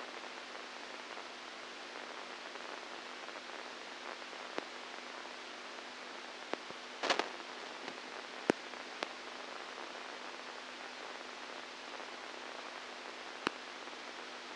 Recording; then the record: brain microelectrode recording played as sound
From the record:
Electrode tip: inside the subthalamic nucleus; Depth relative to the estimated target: -2 mm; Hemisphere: right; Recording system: NeuroSet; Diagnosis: Parkinson's disease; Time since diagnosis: 10 years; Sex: female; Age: 67 years